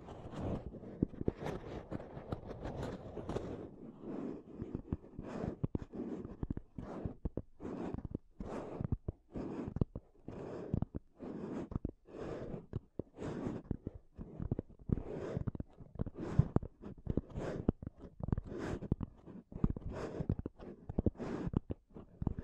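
Intense mic tapping and scratching, with a steady run of sharp, crisp taps landing several times a second for the full length. Between hits, a low, dull scraping and rubbing texture fills in, and the taps sometimes cluster into quick bursts.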